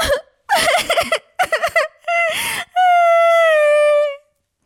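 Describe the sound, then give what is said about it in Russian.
A girl cries and whimpers: a few choppy, hiccuping sobs followed by a long, high, drawn-out wail that slowly sinks in pitch before trailing off. “И вдруг заплакала.”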